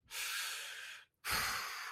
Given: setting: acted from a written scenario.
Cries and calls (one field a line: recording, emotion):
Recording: vocal sound without words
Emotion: contempt